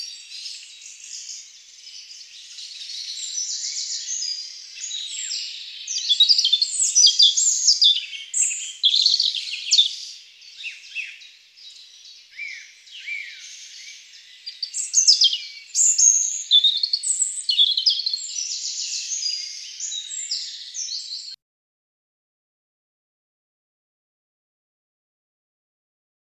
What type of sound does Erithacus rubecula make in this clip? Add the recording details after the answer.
song. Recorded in the wild. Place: Waltershofen / Freiburg im Breisgau, Baden-Württemberg, DE. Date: 1996-06-21. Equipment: Dat-Recorder Casio DA 7, Telinga DAT, Telinga-Parabolspiegel. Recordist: Schwarz, Dieter. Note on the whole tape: Song